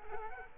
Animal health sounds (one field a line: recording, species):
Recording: mosquito wingbeat signal from an infrared sensor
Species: Culex quinquefasciatus